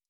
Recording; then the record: hydrophone in a shrimp aquaculture tank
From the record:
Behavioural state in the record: stressed